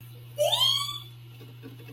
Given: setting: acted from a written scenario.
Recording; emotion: vocal sound without words; elation